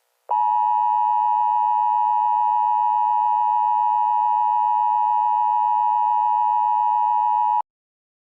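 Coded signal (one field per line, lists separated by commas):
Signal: Emergency Alert System (SAME) tones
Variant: 853 and 960 Hz attention tone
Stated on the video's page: Made-up, not real EAS scenario about a gangster attack.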